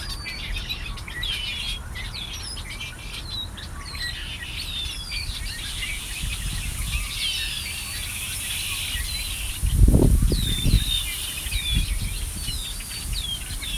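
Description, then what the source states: Birds chirping in a softer overlapping chorus of short high notes, interrupted near ten seconds by several loud low thumps, over steady low rumble. Migrating birds hiding in bushes around a lake at Ashburton.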